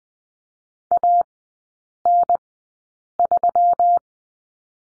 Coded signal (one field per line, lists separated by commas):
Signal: Morse code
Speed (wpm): 20 wpm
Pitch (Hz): 700 Hz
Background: none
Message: AN3